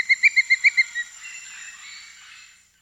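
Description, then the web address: Great black hawk call: about seven quick, clipped whistled notes in a rapid run, then a softer trailing sound that fades away over faint hiss. South America. "Natures Songs S America Great Black-Hawk"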